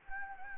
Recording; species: mosquito wingbeat signal from an infrared sensor; Anopheles gambiae